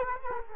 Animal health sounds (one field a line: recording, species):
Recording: mosquito wingbeat signal from an infrared sensor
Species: Culex quinquefasciatus